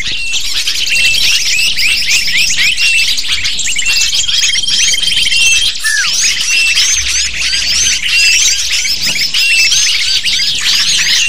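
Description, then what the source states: Lovebird chorus of high, scratchy chirps layered densely throughout, with a sustained thin whistle in the first half and one clear downward call midway. Lure recording (pikat) used to attract lovebirds.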